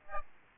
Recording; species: mosquito wingbeat signal from an infrared sensor; Aedes albopictus